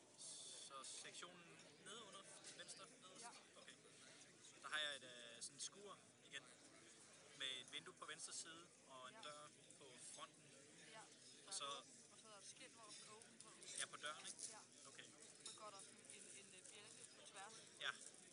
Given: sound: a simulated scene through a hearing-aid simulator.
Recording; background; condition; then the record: conversation; cafeteria; 0 dB SNR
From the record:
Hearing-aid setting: standard clinical setting (NAL); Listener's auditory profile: C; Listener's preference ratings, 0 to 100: 32, 71, 58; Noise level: 65 dB SPL